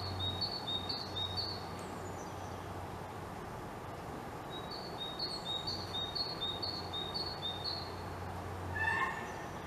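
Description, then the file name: Great tit song of repeated bright two-note phrases in two bursts, over a steady low hum and background noise. "Parus major"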